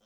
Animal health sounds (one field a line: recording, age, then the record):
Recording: pig call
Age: piglet (1 to 25 days)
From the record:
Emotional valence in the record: positive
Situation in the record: reunion after long isolation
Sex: male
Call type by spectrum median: low-frequency call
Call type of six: low-frequency tonal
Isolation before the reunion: 8 minutes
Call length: 0.06 s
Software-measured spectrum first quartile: 484 Hz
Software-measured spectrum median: 1571 Hz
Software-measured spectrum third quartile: 4379 Hz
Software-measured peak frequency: 529 Hz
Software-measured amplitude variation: 15 dB a second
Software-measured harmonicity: -0.2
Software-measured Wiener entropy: -1.52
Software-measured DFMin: 1631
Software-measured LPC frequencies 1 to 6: 546, 1363, 3168, 5404, 6114, 7105 Hz